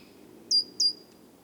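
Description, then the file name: Great tit call: two short, high, thin notes about a third of a second apart, each dipping slightly and trailing off into a fading tone over a low background hum. "Parus major"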